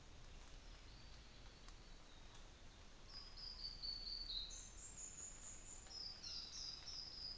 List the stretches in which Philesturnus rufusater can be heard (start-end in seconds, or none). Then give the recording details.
none. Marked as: faintness 3/5. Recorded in New Zealand on 24 December 2018. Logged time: 10:15